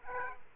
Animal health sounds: mosquito wingbeat signal from an infrared sensor; Aedes aegypti

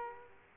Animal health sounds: mosquito wingbeat signal from an infrared sensor; Culex quinquefasciatus

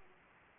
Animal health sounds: mosquito wingbeat signal from an infrared sensor; Aedes aegypti

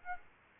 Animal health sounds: mosquito wingbeat signal from an infrared sensor; Aedes aegypti

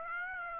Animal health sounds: mosquito wingbeat signal from an infrared sensor; Aedes aegypti

